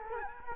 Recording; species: mosquito wingbeat signal from an infrared sensor; Culex quinquefasciatus